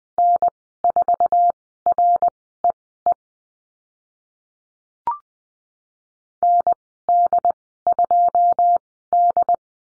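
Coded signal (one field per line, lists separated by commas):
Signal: Morse code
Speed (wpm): 20 wpm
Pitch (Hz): 700 Hz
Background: none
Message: N4REE ND2D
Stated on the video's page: Morse code course lesson on letter C and call signs, Farnsworth speed 20/10 wpm.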